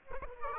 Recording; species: mosquito wingbeat signal from an infrared sensor; Aedes aegypti